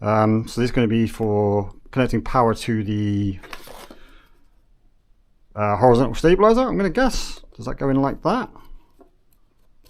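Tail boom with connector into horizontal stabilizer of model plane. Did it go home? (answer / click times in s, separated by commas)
no / none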